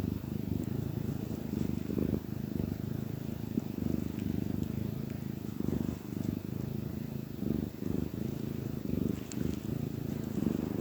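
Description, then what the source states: Domestic cat purring, a steady low rumbling throb that runs on without a break, with a few faint soft clicks on top. Happy domestic cat purring.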